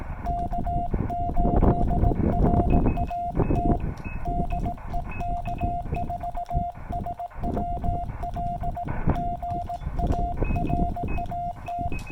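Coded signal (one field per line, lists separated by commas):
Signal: Morse code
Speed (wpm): 18 wpm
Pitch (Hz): 700 Hz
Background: none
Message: K8RAT DE K4SWL GA RAT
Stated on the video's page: Sent with portable paddles on a Yaesu FT-817ND QRP transceiver into an MFJ-1984LP end-fed half-wave antenna.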